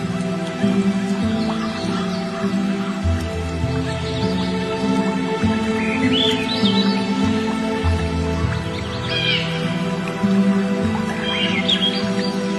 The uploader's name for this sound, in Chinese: 小桥流水+鸟儿欢快+钢琴